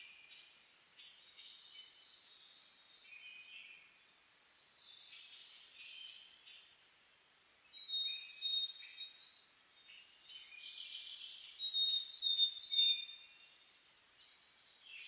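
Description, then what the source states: Birds sing in a soft continuous chorus of high twittering, with louder sharp whistled notes breaking through in the second half. Dawn chorus (reimei) of birdsong (saezuri), recorded 10 May 2010.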